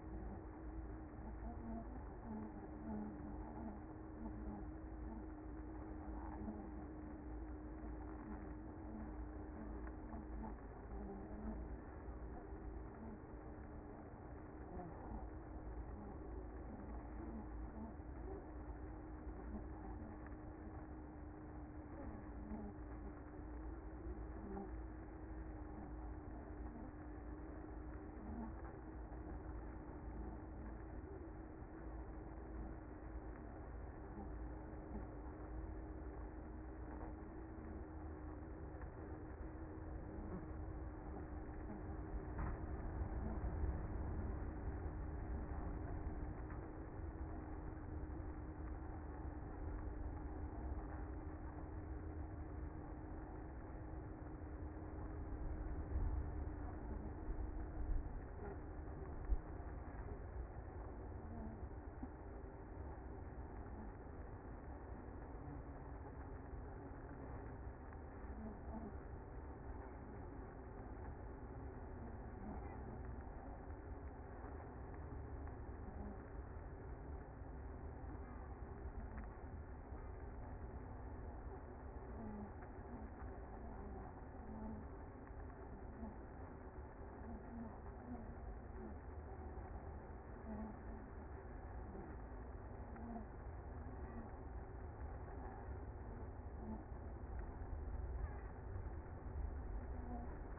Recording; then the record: honeybee colony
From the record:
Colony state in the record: active